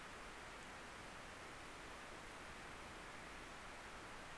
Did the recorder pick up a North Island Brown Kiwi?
no